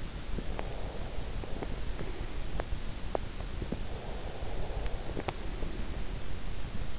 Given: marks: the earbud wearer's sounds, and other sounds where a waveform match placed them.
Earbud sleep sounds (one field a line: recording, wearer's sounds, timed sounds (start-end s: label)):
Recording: sounds in sleep by an in-ear microphone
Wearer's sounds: breath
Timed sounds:
0.77-2.53 s: breath
3.74-6.68 s: breath